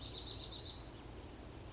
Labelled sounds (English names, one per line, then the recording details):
Bewick's Wren
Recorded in Sonoma County, California